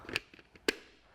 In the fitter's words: let it cure for about 20 minutes and that's about it clicks right in